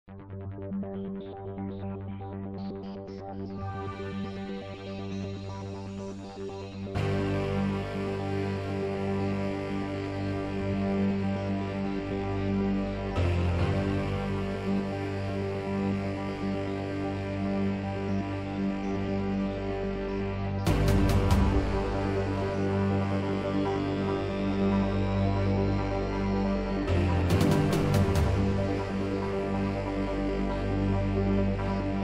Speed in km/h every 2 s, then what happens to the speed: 0, 0, 0, 8, 18, 24, 37, 47, 55, 61, 66, 72, 74, 76, 79, 82.
0-4 standing. 4-32 pulls away to 82.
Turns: 6-10.